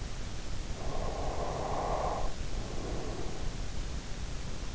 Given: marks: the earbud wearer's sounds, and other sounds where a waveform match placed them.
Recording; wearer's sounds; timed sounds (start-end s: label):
sounds in sleep by an in-ear microphone; breath
0.66-3.83 s: breath